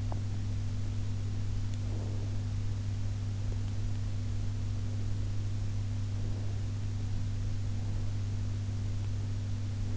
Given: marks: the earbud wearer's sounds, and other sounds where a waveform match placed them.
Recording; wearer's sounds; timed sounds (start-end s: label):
sounds in sleep by an in-ear microphone; teeth grinding, breath
0.00-0.24 s: teeth grinding
1.84-2.45 s: breath